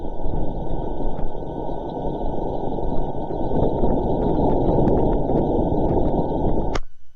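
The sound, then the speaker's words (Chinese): A recording of wind on Mars captured by the InSight lander's air pressure sensor, sped up 100 times: a steady, dense low roar with faint high-pitched hums riding above it, continuing unbroken for about seven seconds before cutting off abruptly. “而下面这段则是洞察号上空气压力传感器捕捉到的声音，这段声音经过了100倍的加速。”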